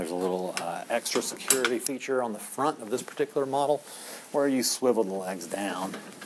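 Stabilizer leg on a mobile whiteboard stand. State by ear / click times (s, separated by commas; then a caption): not seated / none. Someone talks while handling the front stabilizer leg of a mobile interactive whiteboard stand, a security feature that swivels down to keep the stand from tilting over. Light clinking and handling noises are heard under the talk. The leg has not locked into place yet; nothing has seated or clicked by the end.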